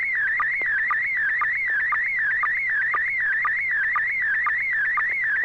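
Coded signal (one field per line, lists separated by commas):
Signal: SSTV (slow-scan television)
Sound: warbling, whistling tone with a short low chirp about twice a second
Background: faint hum, radio hiss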